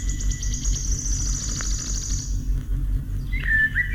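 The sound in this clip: Wood Warbler song: a high, fast, sibilant trill dropping slightly in pitch, followed by a few brief lower notes, over a constant low background rumble.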